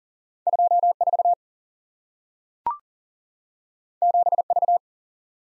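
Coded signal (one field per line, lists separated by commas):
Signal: Morse code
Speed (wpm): 38 wpm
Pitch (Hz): 700 Hz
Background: none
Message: 2 4 7 V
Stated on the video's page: Computer-sent head-copy drill of random two-character letter and number groups at 40 wpm, each group sent, spoken, then sent again.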